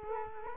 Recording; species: mosquito wingbeat signal from an infrared sensor; Culex quinquefasciatus